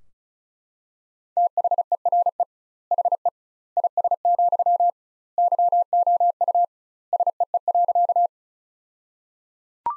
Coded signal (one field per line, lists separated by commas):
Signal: Morse code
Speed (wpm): 35 wpm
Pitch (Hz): 700 Hz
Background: none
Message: THERE HE IS, YOU SEE.